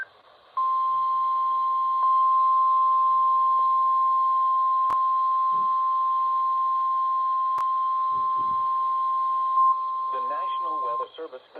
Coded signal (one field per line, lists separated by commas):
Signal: Emergency Alert System (SAME) tones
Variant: 1050 Hz attention tone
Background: speech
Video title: EAS Severe Thunderstorm Warning #2 (From LWX) 6/28/25 (Credit Goes To @SouthernPennsylvaniaWX)